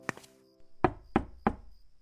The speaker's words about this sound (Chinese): 他敲敲门。